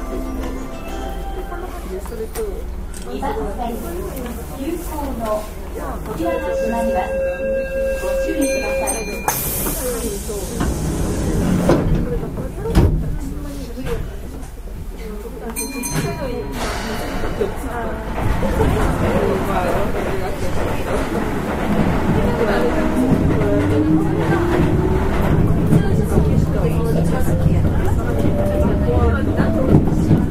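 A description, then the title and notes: A Keihan 6000 series train runs along with a steady, dense rumble and low hum that slowly grows louder. Short tones and a hiss burst near the 10-second mark, speech murmurs throughout, and a rising motor whine sweeps upward after about 22 seconds. 京阪電車 6000系 急行 枚方市から祇園四条まで. 京阪電気鉄道 6000系電車の走行音です。 急行列車にて録音しました。 It is a running sound of a 6000 series train.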